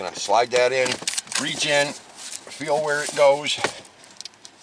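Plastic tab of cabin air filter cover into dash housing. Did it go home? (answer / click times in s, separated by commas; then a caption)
partly / 4.2 s. The plastic tab of a 2006 Corolla's cabin air filter access cover is slid into the dash housing behind the glove box while someone talks. A sharp snap is heard at 4.2 s, followed by a few small clicks. The tab snaps in but does not stay seated and pops right back out.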